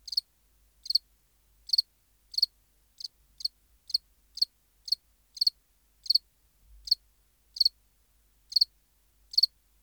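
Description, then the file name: House cricket calling with short shrill chirps, irregularly spaced, sometimes in quick pairs, otherwise quiet. "Acheta domesticus"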